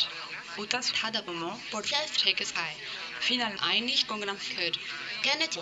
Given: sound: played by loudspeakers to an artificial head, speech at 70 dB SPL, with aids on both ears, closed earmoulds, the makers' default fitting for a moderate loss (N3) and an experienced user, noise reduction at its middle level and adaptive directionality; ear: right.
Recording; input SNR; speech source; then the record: speech test signal (ISTS) in cocktail-party noise; +9 dB; on the right (90 degrees)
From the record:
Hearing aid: class 1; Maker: A